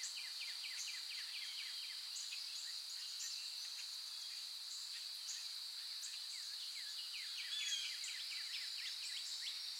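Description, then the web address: Birds: bird chorus of dense, overlapping quick chirps and trills throughout, with a steady high buzzing drone underneath and a brief thump at the very end. Forest in the morning. "sound-effects-bible Forest Morning Birds"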